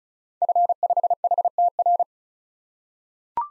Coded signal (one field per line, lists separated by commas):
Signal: Morse code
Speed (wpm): 36 wpm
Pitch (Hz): 700 Hz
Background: none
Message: F5HTR